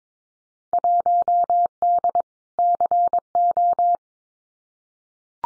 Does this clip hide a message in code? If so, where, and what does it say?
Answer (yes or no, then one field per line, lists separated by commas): yes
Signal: Morse code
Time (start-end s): 0.7-4.0 s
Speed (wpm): 22 wpm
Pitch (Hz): 700 Hz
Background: none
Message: 1D CO